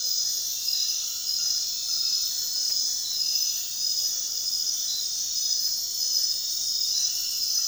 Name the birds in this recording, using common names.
none